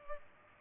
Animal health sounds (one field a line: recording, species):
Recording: mosquito wingbeat signal from an infrared sensor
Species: Culex pipiens